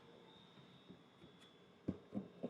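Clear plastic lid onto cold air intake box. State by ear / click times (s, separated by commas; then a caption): not seated / none. A clear plastic lid is being pressed around the edge of the plastic cold air intake box of an S&B intake kit for the 2.4L 2024-2026 Tacoma and 2025-2026 4Runner. A steady low hum and faint handling rustle are broken by a few short, dull plastic knocks near the end. Nothing has seated or clicked yet; the lid is not yet snapped home.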